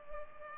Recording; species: mosquito wingbeat signal from an infrared sensor; Culex pipiens